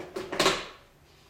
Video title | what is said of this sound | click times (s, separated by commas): Magneplate Autopilot Edition Installation | here the magnets lock in have the plate lots of play now obviously | 0.4 s